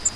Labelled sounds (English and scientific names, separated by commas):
Grace's Warbler (Setophaga graciae) flight call